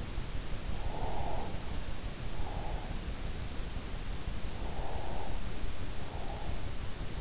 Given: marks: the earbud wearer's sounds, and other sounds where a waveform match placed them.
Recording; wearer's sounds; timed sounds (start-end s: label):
sounds in sleep by an in-ear microphone; breath
1.05-2.94 s: breath
4.99-6.58 s: breath